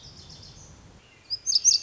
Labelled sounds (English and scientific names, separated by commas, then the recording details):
Lazuli Bunting (Passerina amoena)
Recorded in Sonoma County, California